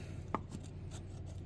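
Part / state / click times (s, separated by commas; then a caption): ignition distributor component onto distributor / seated / 0.3 s. A distributor part is pushed back onto the ignition distributor of a John Deere 40 tractor during reassembly, after the new rotor has been fitted. A single sharp click at 0.35 s marks it seating into place, followed by faint low background noise.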